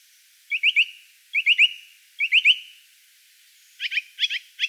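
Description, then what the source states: Song Thrush song: a bright three-note phrase repeated three times, then a different rapid twittering phrase repeated in quick succession. From a collection of forest songbirds.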